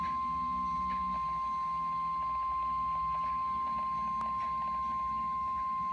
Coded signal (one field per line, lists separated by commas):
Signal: Emergency Alert System (SAME) tones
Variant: 1050 Hz attention tone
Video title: NOAA Weather Radio EAS #25 (Tucson,AZ)(Severe Thunderstorm Warning)